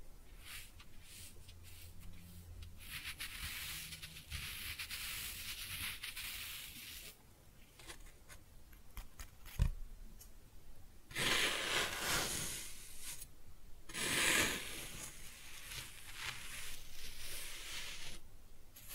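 Kinetic sand is cut and scooped in a string of soft, grainy rubbing and scraping strokes, hissy and bright with little low end. A sharp tap lands near ten seconds, then louder scooping bursts follow around eleven and fourteen seconds.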